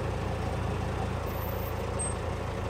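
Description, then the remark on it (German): A glider launch winch drones steadily as it hauls in the cable to launch an ASG 29i glider, a dense, heavy engine rumble holding constant throughout with no voices. “Die Winde ist startklar, ich ziehe an.”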